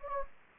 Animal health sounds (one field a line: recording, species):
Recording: mosquito wingbeat signal from an infrared sensor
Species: Anopheles gambiae